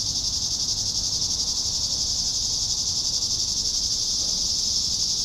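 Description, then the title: Cicadas in a loud, even, high hissing buzz, sustained without pause, faint low rumble below. "neoscenes: cicadas"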